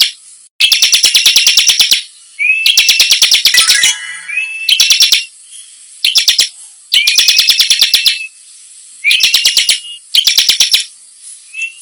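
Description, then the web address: Bar-winged prinia song: repeated rapid volleys of sharp, rattling notes, several led by upslurred whistles, with short pauses between volleys. Song described as gacor (singing persistently) and nembak (rapid-fire bursts). "ciblek suara-ciblek-gacor-nembak"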